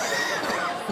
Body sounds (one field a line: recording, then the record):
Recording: coughing mixed with background sound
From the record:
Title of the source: Spring Allergy Coughing